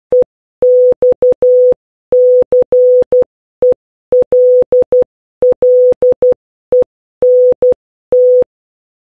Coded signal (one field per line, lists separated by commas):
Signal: Morse code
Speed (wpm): 12 wpm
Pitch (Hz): 500 Hz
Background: none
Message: EXCELLENT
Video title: Learning Morse Code - Letters A-Z (2)